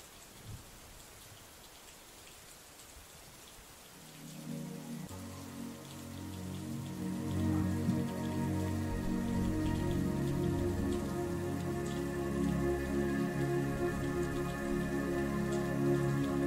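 Steady rain hisses without a break. After a few seconds, deep sustained rumbling tones swell in beneath it and grow louder, while the rain keeps pouring over the top.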